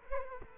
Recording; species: mosquito wingbeat signal from an infrared sensor; Culex quinquefasciatus